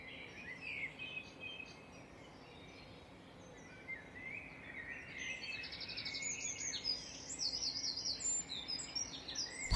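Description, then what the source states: Birds singing in a chorus, with several overlapping high chirps and whistled phrases that grow busier and louder toward the end, over a low steady background hum. Birds singing in a dawn chorus.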